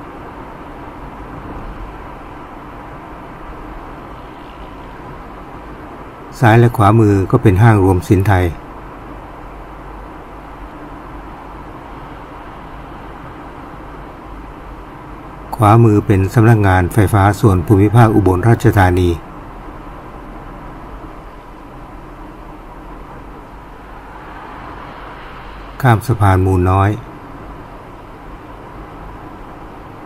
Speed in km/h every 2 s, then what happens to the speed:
61, 60, 58, 57, 56, 55, 54, 54, 54, 53, 51, 49, 49, 49, 51.
0-30 slows to 51.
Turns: none.